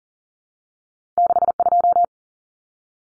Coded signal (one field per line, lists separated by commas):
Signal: Morse code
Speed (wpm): 40 wpm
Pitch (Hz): 700 Hz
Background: none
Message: 62